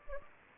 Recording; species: mosquito wingbeat signal from an infrared sensor; Anopheles gambiae